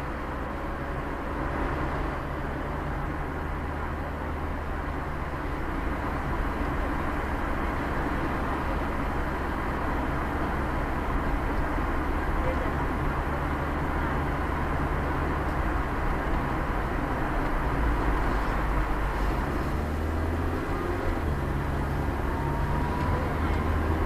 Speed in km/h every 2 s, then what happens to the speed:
0, 0, 0, 0, 6, 6, 5, 5, 4, 6, 12, 18.
0-6 standing. 6-8 pulls away to 6. 8-18 steady at about 5. 18-24 speeds up to 18.